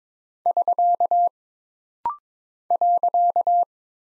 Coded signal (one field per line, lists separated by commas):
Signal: Morse code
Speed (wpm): 22 wpm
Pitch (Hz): 700 Hz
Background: none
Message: <SK> .